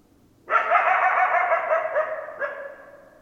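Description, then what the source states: Coyote call: one rough, harmonic howl held for about two seconds and wavering slightly, followed by a brief fading restart. Recorded 10 December 2012; more than one coyote.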